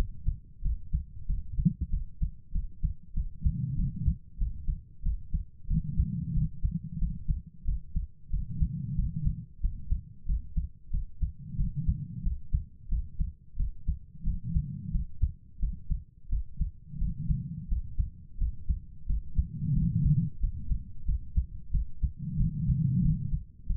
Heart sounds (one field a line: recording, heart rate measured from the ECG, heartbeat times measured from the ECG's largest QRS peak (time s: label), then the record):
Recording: heart sounds by stethoscope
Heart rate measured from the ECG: 91 bpm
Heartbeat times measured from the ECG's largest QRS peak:
0.61 s: heartbeat
1.25 s: heartbeat
1.89 s: heartbeat
2.51 s: heartbeat
3.13 s: heartbeat
3.75 s: heartbeat
4.37 s: heartbeat
5.01 s: heartbeat
5.66 s: heartbeat
6.32 s: heartbeat
6.97 s: heartbeat
7.64 s: heartbeat
8.29 s: heartbeat
8.94 s: heartbeat
9.59 s: heartbeat
10.25 s: heartbeat
10.89 s: heartbeat
11.55 s: heartbeat
12.21 s: heartbeat
12.87 s: heartbeat
13.55 s: heartbeat
14.22 s: heartbeat
14.90 s: heartbeat
15.58 s: heartbeat
16.28 s: heartbeat
16.97 s: heartbeat
17.67 s: heartbeat
18.37 s: heartbeat
19.05 s: heartbeat
19.72 s: heartbeat
20.39 s: heartbeat
21.04 s: heartbeat
21.70 s: heartbeat
22.36 s: heartbeat
23.01 s: heartbeat
23.65 s: heartbeat
From the record:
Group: healthy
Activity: rest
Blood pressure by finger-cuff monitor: 126/79 mmHg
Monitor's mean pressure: 96 mmHg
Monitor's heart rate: 92 bpm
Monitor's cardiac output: 7.2 L/min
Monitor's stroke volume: 78 mL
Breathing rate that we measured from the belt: 22 breaths a minute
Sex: female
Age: 32 years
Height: 172 cm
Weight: 71.7 kg